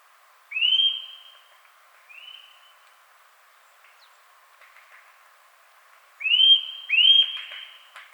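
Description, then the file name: Eurasian nuthatch giving loud whistled calls that sweep sharply up then level off, singly and in a pair, with pauses between. "Sitta europaea"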